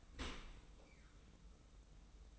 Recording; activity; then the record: daily activity, microphone in the room; open dishwasher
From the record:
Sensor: 1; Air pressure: 990.5 hPa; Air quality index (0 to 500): 178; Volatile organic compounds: 1000 ppm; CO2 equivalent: 6548 ppm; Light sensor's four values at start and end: 24/56/24/26 and 24/56/24/26